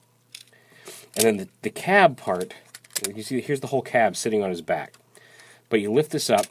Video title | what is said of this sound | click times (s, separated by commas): Transformers 4: Age of Extinction - Voyager GALVATRON | uh lock into place like that | 0.4 s